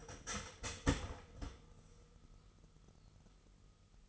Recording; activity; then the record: daily activity, microphone in the room; start toaster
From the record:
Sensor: 4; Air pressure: 989.4 hPa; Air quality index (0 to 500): 215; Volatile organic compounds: 65 ppm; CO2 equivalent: 3472 ppm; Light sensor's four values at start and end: 24/83/30/32 and 23/82/30/32